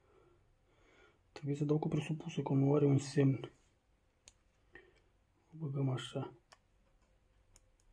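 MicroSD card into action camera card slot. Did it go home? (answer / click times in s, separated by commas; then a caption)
yes / 7.8 s. A microSD memory card is pushed into the card slot of a 4K action camera after working out which way round it goes. Someone talks, then a few faint clicks follow, and the card clicks into place at 7.8 s, confirmed as seated.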